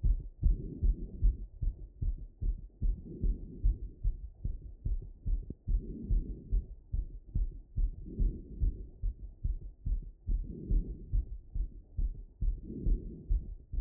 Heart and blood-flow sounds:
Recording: heart sounds by stethoscope after running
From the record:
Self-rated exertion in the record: vigorous exertion (4 of 6)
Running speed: 8 mph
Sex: female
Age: 20 years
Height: 160 cm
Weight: 56 kg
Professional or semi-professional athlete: no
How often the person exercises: 3 to 5 times a week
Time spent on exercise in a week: 3 to 4 hours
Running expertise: yes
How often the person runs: 1 to 2 times a week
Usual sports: running, swimming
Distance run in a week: 15 km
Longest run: 20 km

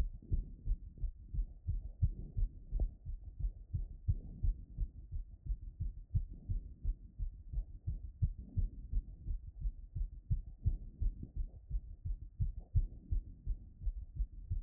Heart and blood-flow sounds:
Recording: heart sounds by stethoscope after running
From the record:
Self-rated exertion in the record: moderate exertion (3 of 6)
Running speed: 7 mph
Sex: female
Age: 33 years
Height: 155 cm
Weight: 48 kg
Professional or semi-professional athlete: no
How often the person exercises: 3 to 5 times a week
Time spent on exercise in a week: under 1 hour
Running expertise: no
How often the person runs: under once a week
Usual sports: hiking, cycling

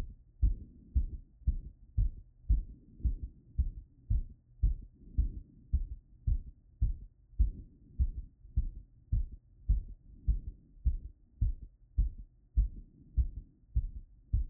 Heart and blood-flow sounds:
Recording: heart sounds by stethoscope after running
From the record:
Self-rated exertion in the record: moderate exertion (3 of 6)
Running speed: 8 mph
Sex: male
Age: 24 years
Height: 175 cm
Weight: 56 kg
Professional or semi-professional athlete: no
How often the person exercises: over 5 times a week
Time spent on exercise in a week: over 5 hours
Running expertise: yes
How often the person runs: over 5 times a week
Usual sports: running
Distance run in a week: 60 km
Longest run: 43 km

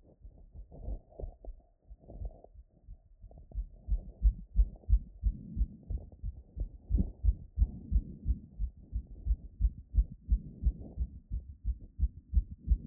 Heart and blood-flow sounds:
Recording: heart sounds by stethoscope after running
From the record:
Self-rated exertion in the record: moderate exertion (3 of 6)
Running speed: 5 mph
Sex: female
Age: 18 years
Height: 171 cm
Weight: 75 kg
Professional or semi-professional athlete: no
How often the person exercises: 1 to 2 times a week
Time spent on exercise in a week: under 1 hour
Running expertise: no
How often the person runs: 1 to 2 times a week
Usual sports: running, fencing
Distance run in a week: 3 km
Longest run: 21.3 km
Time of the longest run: 190 minutes

